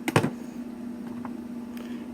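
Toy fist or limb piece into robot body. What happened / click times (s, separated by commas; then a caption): The plastic piece snapped into place / 0.1 s, 0.2 s. A plastic fist or limb piece of a Legacy Ninja Megazord combining robot toy, meant for the blue arm, is pressed into the robot body, giving two sharp plastic clicks at about 0.1 s and 0.2 s as it seats into place. A steady low hum runs underneath, with faint light ticks near 1.3 s and 1.8 s.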